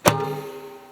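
The snap-on lid of a 50 gallon plastic storage barrel is popped open, giving a single sharp pop at 0.1 s as the seal breaks and the air releases. A resonant, tonal ring follows and fades out over the rest of the second, leaving the lid released.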